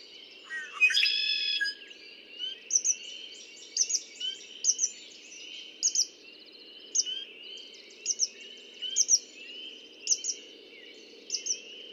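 Red-winged blackbird song, an early harsh buzzy trill, then sharp high chirps repeated about once a second over continuous twittering.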